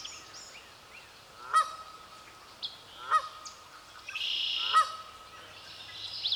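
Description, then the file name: Goose honks, three loud nasal calls about every one and a half seconds, with other birds calling in the background. Recorded 30 May 2016, with the goose prominent. "Pretty Misc And Blackbirds Prominent Goose 20160530"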